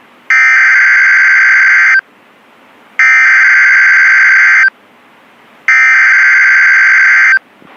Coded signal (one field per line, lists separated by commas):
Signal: Emergency Alert System (SAME) tones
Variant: header bursts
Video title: Buncha Floodz.... - EAS Alerts From 2/28/21 (EAS #179 - #187)